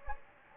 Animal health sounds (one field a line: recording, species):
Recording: mosquito wingbeat signal from an infrared sensor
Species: Anopheles gambiae